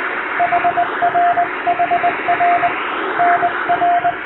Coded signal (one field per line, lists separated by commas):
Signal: Morse code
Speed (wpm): 22 wpm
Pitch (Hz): 700 Hz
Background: radio noise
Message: HR HR NR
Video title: 通信技術の原点、最古のデジタル技術！モールスを後世に継承しよう！欧文ＣＷを縦振り電鍵で叩きました。生身のモールスでアマチュア無線の練習をしてみませんか(morse code practice )